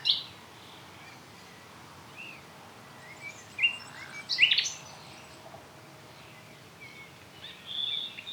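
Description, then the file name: Common nightingale song: scattered short notes and chirps with a brief cluster of sharp, high strokes in the middle and a thin whistle at the end. "Luscinia megarhynchos"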